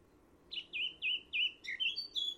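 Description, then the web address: Bird calling with several short, high chirps over a soft background hiss. "cianscape birddata Deverinetal 2025"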